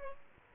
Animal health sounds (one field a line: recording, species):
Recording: mosquito wingbeat signal from an infrared sensor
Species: Aedes aegypti